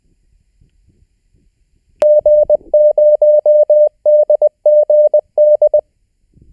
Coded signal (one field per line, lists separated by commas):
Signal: Morse code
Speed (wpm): 20 wpm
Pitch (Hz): 600 Hz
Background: none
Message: G0DGD